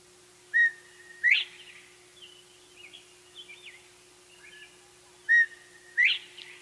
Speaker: It's the call of the Bob White.